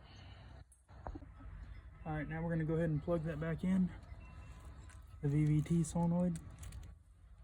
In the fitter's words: Push in till you hear a click. Just like that.